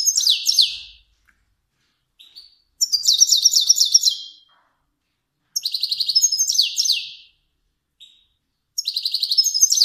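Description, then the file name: Finch repeating rapid, high, buzzy trills about every three seconds, each ending in a downward sweep, with short single notes between. Kermani finch. "sound finch kermani long"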